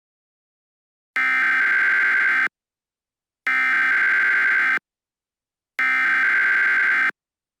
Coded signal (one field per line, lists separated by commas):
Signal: Emergency Alert System (SAME) tones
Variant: header bursts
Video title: EAS Scenario - Vampire Hunters (Part 1)